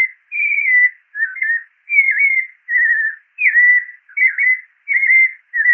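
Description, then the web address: White-necked thrush singing a continuous string of clear, warbled whistled phrases, each slightly different and following closely after the last, with no other sounds. "Turdus albicollis - Zorzal de cuello blanco"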